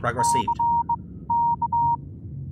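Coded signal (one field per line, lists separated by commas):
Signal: Morse code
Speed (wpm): 21 wpm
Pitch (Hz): 940 Hz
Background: speech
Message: C K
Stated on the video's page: Morse code used in the horror game The Old Gentleman to save a friend in the ocean.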